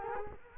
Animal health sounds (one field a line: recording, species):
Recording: mosquito wingbeat signal from an infrared sensor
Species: Culex quinquefasciatus